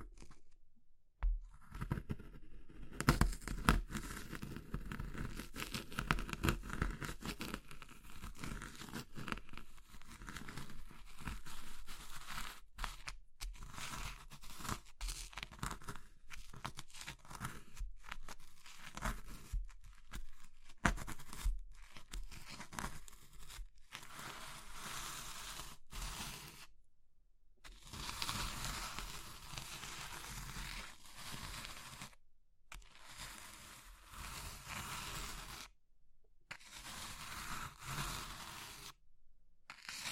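Crushing of brittle materials such as soap, chalk or meringue, a dense stream of crumbly crunching and crackling that fills the whole 40 seconds. Short silent gaps break it up now and then, most clearly near 1, 13, 27, 32 and 36 seconds.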